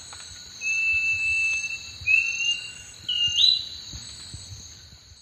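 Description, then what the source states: Thrush-like schiffornis whistling a long even note, a brief upward-inflected note, then a final whistle that slides sharply upward, with constant shrill insects behind. Recorded in the Eastern Lowlands of South America.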